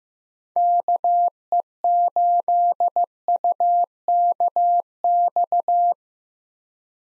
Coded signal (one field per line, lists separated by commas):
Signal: Morse code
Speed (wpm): 15 wpm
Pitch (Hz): 700 Hz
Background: none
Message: KE8UKX